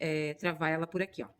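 Someone talks while slowly turning the plastic knee joint of a 3D-printed Dummy 13 articulated figure into its leg part, lining up its square key to lock it. Only speech is heard, with no distinct click. Nothing has seated or clicked into place yet.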